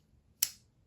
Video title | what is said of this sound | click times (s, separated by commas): Transparent Knives Bugout Re-blade: A Bugout that is not a Bugout. An incredibly slicey EDC knife!! | Nice click at the end. | 0.4 s